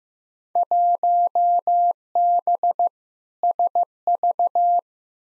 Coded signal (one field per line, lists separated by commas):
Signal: Morse code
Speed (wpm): 15 wpm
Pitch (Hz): 700 Hz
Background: none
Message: 1B SV